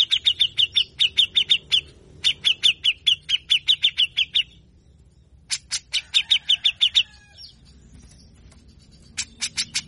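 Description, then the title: Grey-cheeked Bulbul uttering short bursts of quick, rasping notes, pausing between groups, then a few sharp notes near the end. Harsh 'besetan kasar' calls in a long training recording meant to stimulate a captive bird's singing and emotion so it quickly sings well. "MASTERAN CUCAK JENGGOT GACOR FULL BESETAN KASAR DURASI PANJANG !!!. Besetanya Efektif Rangsang Bunyi Dan emosi CUCAK JENGGOT bahan Agar Cepat Gacor"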